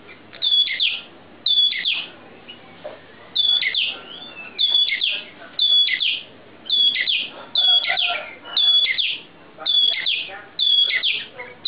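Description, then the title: Oriental magpie-robin song: loud high whistled notes, each ending in a buzzy downward slur, given in short bursts about once a second with brief pauses between. "Kicau Kacer"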